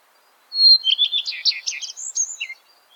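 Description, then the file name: Redstart singing a short phrase that opens with a pure, steady whistle and breaks into quick repeated notes and a scratchy, tumbling finish. "Golosa ptic i zverei - Gorihvostka"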